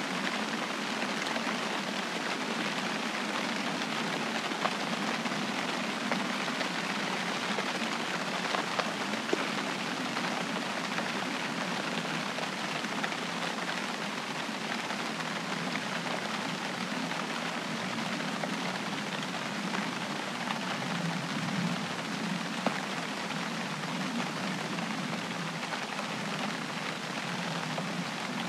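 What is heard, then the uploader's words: Summer rain falls steadily and densely throughout, a constant hiss spread from low to bright tones with no pauses. Faint individual drop ticks stand out occasionally, especially around the ninth and twenty-third seconds, while the overall level stays even. Summer rain soundscape. Captured July 2021 while camping in CO.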